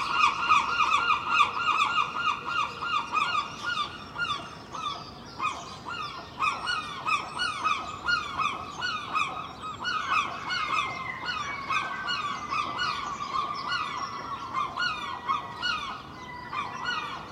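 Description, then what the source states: Gull calls, loud harsh squealing cries overlapping steadily in a dense chorus, with many other birds chirping. Early morning, Filey, April 2023; recorded from a second storey window with Clippy microphones and a Roland R-07; many other birds present.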